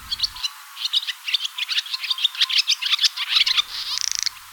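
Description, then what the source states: Barn swallow song: a fast, scratchy twittering chatter of mixed notes that ends in a grating, buzzy rattle. Finalist in the 2021 German Bird of the Year election.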